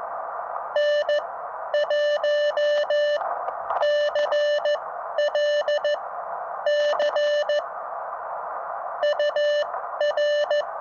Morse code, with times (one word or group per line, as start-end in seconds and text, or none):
0.8-7.6 N1CLC
9.0-10.6 UR